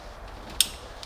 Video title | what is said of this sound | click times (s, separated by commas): Toyota V8 Engine 2UZ-FE Spark Plugs Replacement | i connect this connector until it clicks you heard it | 0.6 s